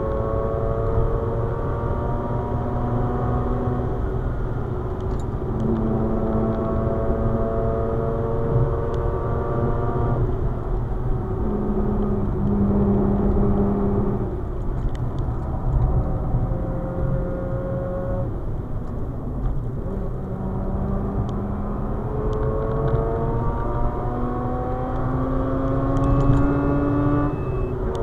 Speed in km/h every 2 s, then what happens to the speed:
136, 135, 125, 131, 130, 115, 112, 99, 104, 83, 93, 108, 124, 133.
0-17 slows to 83. 19-28 speeds up to 133.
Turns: 2-12, 12-22.